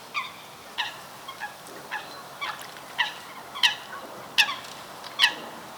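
Coot giving short, sharp, harmonic calls repeated roughly every half second to second, the later notes louder, over a steady background hiss.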